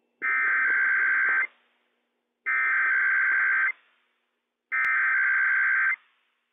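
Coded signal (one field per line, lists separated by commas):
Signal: Emergency Alert System (SAME) tones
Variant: header bursts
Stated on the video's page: IPAWS required weekly test issued by civil authorities for all of California, Nevada, Oregon and Washington.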